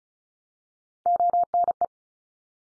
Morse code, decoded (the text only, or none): ONE